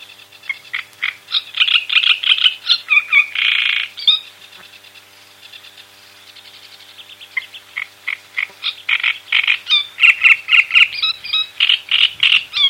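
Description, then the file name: Great reed warbler song: harsh, croaking notes repeated in quick grating runs, a pause of several seconds midway, then the chattering phrases resume. "kamyshovka drozdovidnaja"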